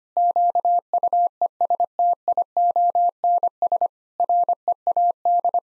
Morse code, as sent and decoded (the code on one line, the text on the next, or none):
--.- ..- . ... - .. --- -. ... / .-. . .- -..
QUESTIONS READ